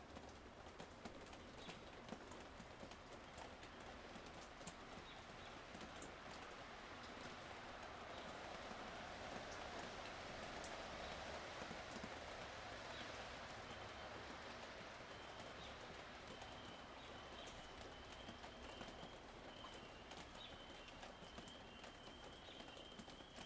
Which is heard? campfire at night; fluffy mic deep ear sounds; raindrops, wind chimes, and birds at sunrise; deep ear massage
raindrops, wind chimes, and birds at sunrise